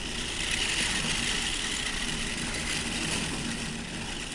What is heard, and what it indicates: As paper rolls through the machine, pens scratch out the electrical signals that describe sleep, brain waves, muscle activity, and eye movements. That's the sound of the pens on a GRASS Model 8 polysomnograph at the Georgetown University Sleep Lab.